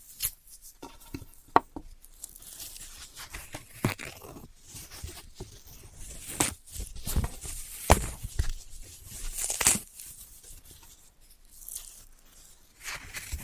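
Floral foam being tapped, cut and crushed, with irregular sharp crunches and tearing scrapes scattered throughout and brief quiet gaps between.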